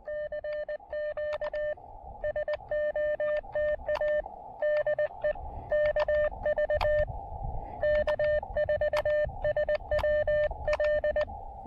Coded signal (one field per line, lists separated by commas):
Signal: Morse code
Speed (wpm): 19 wpm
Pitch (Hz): 590 Hz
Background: radio noise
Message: CQ SOTA DE KV K4SWL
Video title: Rendezvous Mountain SOTA & POTA: QRP DX with 5 watts and speaker wire!